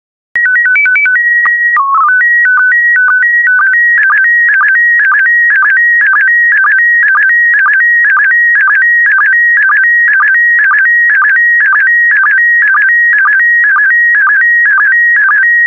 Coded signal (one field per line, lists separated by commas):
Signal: SSTV (slow-scan television)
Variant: PD 120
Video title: 92075 Scotland SSTV PD120